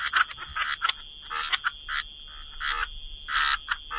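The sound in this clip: Frogs croaking in a loose, irregular chorus, some calls short clicks and others longer buzzy notes, set against a continuous high tone.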